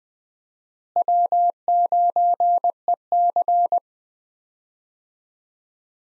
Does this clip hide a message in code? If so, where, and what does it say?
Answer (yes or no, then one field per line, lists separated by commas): yes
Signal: Morse code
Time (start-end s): 1.0-3.8 s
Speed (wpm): 20 wpm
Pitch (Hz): 700 Hz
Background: none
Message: W9EC